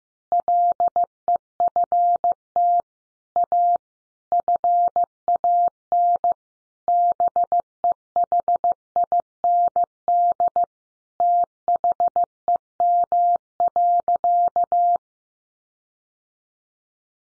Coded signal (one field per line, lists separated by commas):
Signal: Morse code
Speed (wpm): 15 wpm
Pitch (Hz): 700 Hz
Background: none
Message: LEFT A FAN BEHIND THEM.